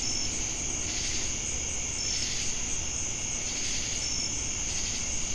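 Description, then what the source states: Crickets sustain a high continuous trill, a few brief bright chirps spaced about two seconds apart, pulsing swells of insect buzz, and low rumbling noise. Crickets with cicadas, Jamestown, North Carolina, USA, 10 August 2018.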